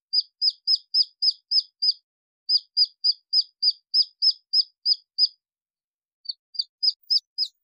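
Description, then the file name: Red junglefowl chick peeping: high, downward-slurred peeps in a quick series, a short pause near two seconds, a longer silence around six seconds, then more peeps. Chick, lost from its flock, calling for its mother. "Tieng ga rung con keu goi me lac bay"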